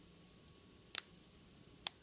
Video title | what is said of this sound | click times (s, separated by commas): Kato Erie Lackawanna SD45 Cleaning | is not a race which take your time just snap right in there and | 1.0 s, 1.9 s